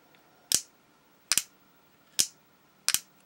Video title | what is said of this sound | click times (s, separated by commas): G-Force Battle of the Planets New God Phoenix Gatchaman II w/LED Lights Scale Model Kit Review Build | You can see the wings will actually click into place. | 1.3 s, 2.2 s, 2.9 s